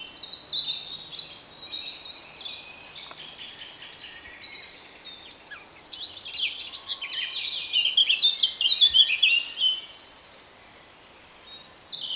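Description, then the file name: Eurasian blackcap song, two long bursts of rapid, varied high warbling separated by a short lull, then silence and a brief final phrase. "Sylvia atricapilla"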